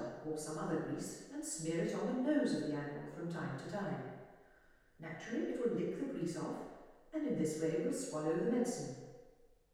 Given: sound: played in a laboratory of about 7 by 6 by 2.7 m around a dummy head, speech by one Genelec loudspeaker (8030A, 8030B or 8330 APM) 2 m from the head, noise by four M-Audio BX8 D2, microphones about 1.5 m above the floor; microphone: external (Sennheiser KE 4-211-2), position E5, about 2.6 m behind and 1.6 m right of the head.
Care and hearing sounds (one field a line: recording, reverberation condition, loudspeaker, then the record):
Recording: female speech in English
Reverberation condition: high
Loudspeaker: in front (0 degrees)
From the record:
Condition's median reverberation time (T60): about 1300 ms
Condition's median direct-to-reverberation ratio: about -4.0 dB